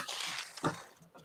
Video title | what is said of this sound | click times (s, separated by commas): Building something pretty random... maybe another bear? | Look at that. Direct replacement. Snaps right in there. | 0.6 s